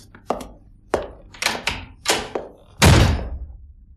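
A door slams shut with a heavy, booming thud after a handful of sharper knocks and clatters, the final impact much louder and deeper than the rest.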